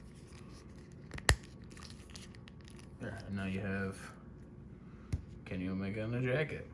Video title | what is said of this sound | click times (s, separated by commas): AEW Unrivaled Supreme Collection Kenny Omega Figure Review | pop them until they click there | 1.3 s